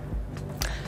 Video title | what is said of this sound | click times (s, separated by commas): FEPSim® Sample Exercises | you're going to push it on until it clicks and then you know it's on there securely | 0.6 s